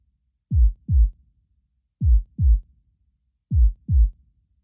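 Three regular paired low thumps, a clear lub-dub heartbeat pattern, at a slow rate of about 40 beats a minute with silence between beats. It is a heartbeat sound effect.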